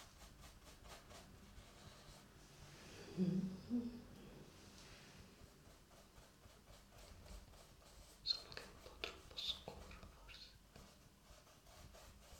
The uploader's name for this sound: ASMR Painting